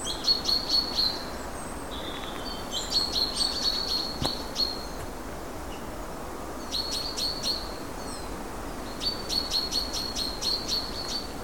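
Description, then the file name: Great tit song: bursts of rhythmic two-note phrases, high and bright, repeated several times per bout with short pauses between bouts, over constant background noise. "Parus major"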